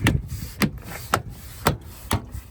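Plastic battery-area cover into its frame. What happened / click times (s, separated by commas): Plastic cover tabs snapped into place one by one / 0.1 s, 0.6 s, 1.1 s, 1.7 s, 2.1 s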